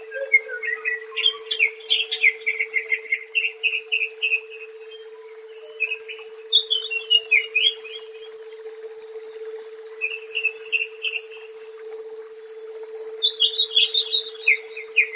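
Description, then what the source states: Leafbird song, bursts of rich, varied whistled and chattering notes in quick runs, pausing between phrases, over a steady low electrical hum. Local name cucak ijo.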